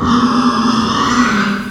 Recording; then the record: squeal of a Yucatan mini pig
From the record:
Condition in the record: after surgery on the right vocal fold (resection and tissue-engineered implant); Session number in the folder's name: 15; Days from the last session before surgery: 175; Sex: female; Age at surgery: 19 weeks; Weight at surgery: 25 kg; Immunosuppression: prednisolone